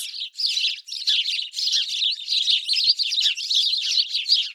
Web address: Migration Stories: House Sparrows. BirdNote